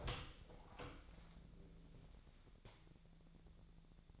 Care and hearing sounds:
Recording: daily activity, microphone in the room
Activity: open door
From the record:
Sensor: 3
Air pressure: 1000.5 hPa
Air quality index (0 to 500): 178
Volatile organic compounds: 4 ppm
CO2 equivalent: 1542 ppm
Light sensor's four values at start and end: 13/30/13/13 and 13/30/13/13

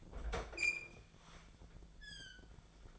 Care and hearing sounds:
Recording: daily activity, microphone in the room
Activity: open fridge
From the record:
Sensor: 5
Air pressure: 1009.8 hPa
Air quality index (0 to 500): 160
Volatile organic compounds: 4 ppm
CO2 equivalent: 1562 ppm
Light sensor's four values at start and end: 130/329/138/147 and 132/335/141/150

